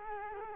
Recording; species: mosquito wingbeat signal from an infrared sensor; Culex quinquefasciatus